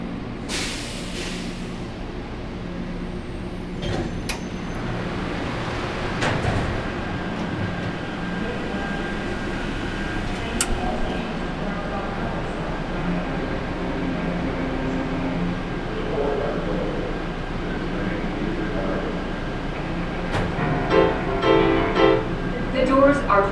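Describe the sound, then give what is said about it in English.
An airport people mover train rolls into a platform at Concourse C with a steady rumble, a few sharp clunks and a brief hiss, then a bright pulsing electronic tone near the end as faint voices carry underneath. “A train is arriving. Please keep clear for passengers exiting the train.”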